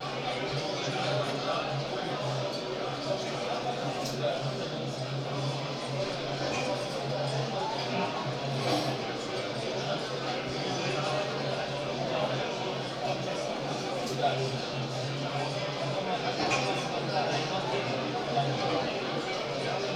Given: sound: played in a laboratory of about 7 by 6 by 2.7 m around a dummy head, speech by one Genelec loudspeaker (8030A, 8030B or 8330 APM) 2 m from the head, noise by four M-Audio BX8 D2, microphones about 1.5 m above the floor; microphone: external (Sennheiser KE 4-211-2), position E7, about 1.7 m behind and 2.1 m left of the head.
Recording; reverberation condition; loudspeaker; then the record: cafeteria noise; medium; four, about 170 cm from the corners of the room and facing them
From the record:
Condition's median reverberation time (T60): about 510 ms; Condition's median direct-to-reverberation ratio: about -0.5 dB